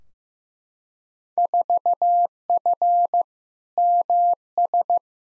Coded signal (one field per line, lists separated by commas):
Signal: Morse code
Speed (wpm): 15 wpm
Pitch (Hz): 700 Hz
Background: none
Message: 4F MS